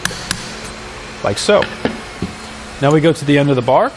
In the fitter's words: we'll tighten it down now with this particular tightening tool this you're going to hear two or three audible clicks once this is completely tightened down to its specifications this is so you don't over tighten it like